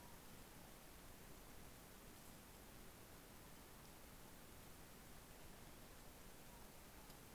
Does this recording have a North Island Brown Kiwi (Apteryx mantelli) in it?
no